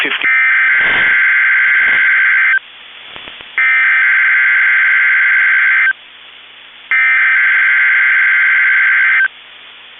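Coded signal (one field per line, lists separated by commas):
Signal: Emergency Alert System (SAME) tones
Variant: header bursts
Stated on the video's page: Required monthly and weekly EAS tests from Minnesota NOAA Weather Radio KEC65 and Rochester/Mankato broadcast stations.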